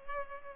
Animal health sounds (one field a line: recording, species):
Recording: mosquito wingbeat signal from an infrared sensor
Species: Culex pipiens